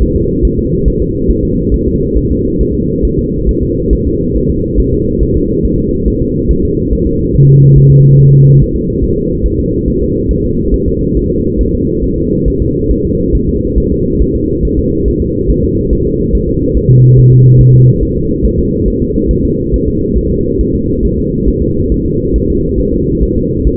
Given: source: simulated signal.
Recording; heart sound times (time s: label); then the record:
fetal heart sounds
0.02 s: S1
0.16 s: S2
0.45 s: S1
0.59 s: S2
0.88 s: S1
1.02 s: S2
1.31 s: S1
1.45 s: S2
1.74 s: S1
1.88 s: S2
2.17 s: S1
2.31 s: S2
2.61 s: S1
2.75 s: S2
3.05 s: S1
3.19 s: S2
3.49 s: S1
3.63 s: S2
3.93 s: S1
4.07 s: S2
4.37 s: S1
4.50 s: S2
4.80 s: S1
4.94 s: S2
5.23 s: S1
5.37 s: S2
5.66 s: S1
5.79 s: S2
6.08 s: S1
6.22 s: S2
6.51 s: S1
6.65 s: S2
6.93 s: S1
7.07 s: S2
7.36 s: S1
7.50 s: S2
7.78 s: S1
7.92 s: S2
8.20 s: S1
8.34 s: S2
8.62 s: S1
8.76 s: S2
9.04 s: S1
9.18 s: S2
9.46 s: S1
9.60 s: S2
9.88 s: S1
10.02 s: S2
10.31 s: S1
10.45 s: S2
10.74 s: S1
10.88 s: S2
11.17 s: S1
11.31 s: S2
11.61 s: S1
11.75 s: S2
12.04 s: S1
12.18 s: S2
12.48 s: S1
12.62 s: S2
12.91 s: S1
13.05 s: S2
13.35 s: S1
13.49 s: S2
13.78 s: S1
13.92 s: S2
14.22 s: S1
14.36 s: S2
14.65 s: S1
14.79 s: S2
15.08 s: S1
15.22 s: S2
15.50 s: S1
15.64 s: S2
15.93 s: S1
16.07 s: S2
16.35 s: S1
16.49 s: S2
16.77 s: S1
16.91 s: S2
17.19 s: S1
17.33 s: S2
17.61 s: S1
17.75 s: S2
18.03 s: S1
18.17 s: S2
18.46 s: S1
18.59 s: S2
18.88 s: S1
19.02 s: S2
19.31 s: S1
19.45 s: S2
19.74 s: S1
19.88 s: S2
20.18 s: S1
20.32 s: S2
20.61 s: S1
20.75 s: S2
21.05 s: S1
21.19 s: S2
21.49 s: S1
21.62 s: S2
21.92 s: S1
22.06 s: S2
22.36 s: S1
22.50 s: S2
22.80 s: S1
22.94 s: S2
23.23 s: S1
23.37 s: S2
23.67 s: S1
From the record:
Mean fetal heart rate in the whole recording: 140 bpm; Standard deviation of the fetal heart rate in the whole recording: 2 bpm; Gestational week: 34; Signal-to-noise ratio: -10.2 dB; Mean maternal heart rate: 72 bpm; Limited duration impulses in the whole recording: present